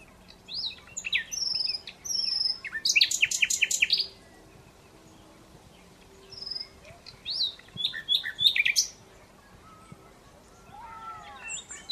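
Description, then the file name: Common Nightingale song of varied phrases: whistled slurs, a rapid rattling run of harsh notes, then after a pause further chirps and whistles. "Luscinia megarhynchos"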